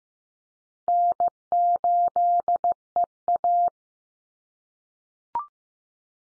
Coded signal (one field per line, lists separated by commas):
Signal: Morse code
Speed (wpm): 15 wpm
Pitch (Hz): 700 Hz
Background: none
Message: N8EA